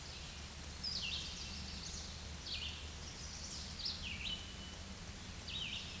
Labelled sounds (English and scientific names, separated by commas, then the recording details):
Red-eyed Vireo (Vireo olivaceus) song
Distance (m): 30 m
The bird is about 10 m above the microphone
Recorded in a Pennsylvania forest on 16 May 2024 at 07:45
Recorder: AudioMoth, point MSD-0475
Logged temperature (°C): 12.3 °C
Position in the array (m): 149 m, 30 m